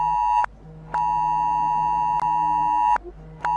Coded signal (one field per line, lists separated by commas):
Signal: Emergency Alert System (SAME) tones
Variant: 853 and 960 Hz attention tone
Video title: EAS Alarms desreveR (read desc)